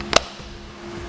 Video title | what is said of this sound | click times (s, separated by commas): etrailer - Optronics Oblong Trailer Clearance, Side Marker Light Installation | it clicked in place | 0.2 s